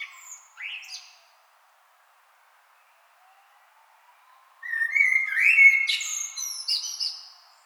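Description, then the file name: Common blackbird: a few short, thin squeaky notes, a long quiet gap, then a full mellow whistled phrase topped by high twittery flourishes. Recorded 26 April 2006. "20060426 Blackbird"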